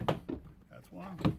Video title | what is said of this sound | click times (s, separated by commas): 2004 Toyota Sienna Tail Light Replacement | you can hear the clips when they snap and you'll hear them right away as | 0.1 s